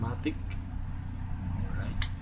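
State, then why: Seated. A new Smith & Wesson ExtremeOps B038 folding knife has its blade opened by hand, since it may not be automatic, while someone talks over a low steady hum. At 2.0 s the blade snaps into its locked open position in the handle with a sharp click, and it is confirmed locked in place.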